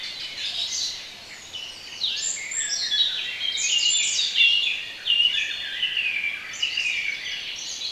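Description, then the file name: Bird chorus with many overlapping twittering and whistled phrases, continuous over eight seconds, several singers at once. Bird sounds compiled as a relaxation recording. "relaksacja odglosy ptakow"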